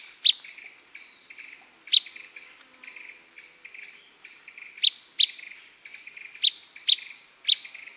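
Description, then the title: Blackish pewee repeating brief, bright pip calls, seven scattered notes, some in close pairs, above a continuous shrill insect buzz. Subspecies canescens, assigned from the recording location. "LuckyPassaro Completos2Sama. Blackish Pewee (Contopus nigrescens canescens (ssp assumed from location))"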